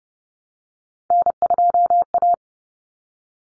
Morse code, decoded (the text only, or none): N2A